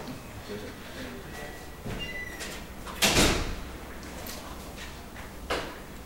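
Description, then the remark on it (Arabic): A door is shut during a religious lesson, a single muffled thud midway, followed by a softer knock a moment later, over a low, steady background hum. “الإخوة اللي راحة جاية هذه يعني ما يتعبوناش بالله عليك اغلق الباب شيء اغلق الباب عشان الإخوة الفارقة أتعبونا من الذهاب والمجيء”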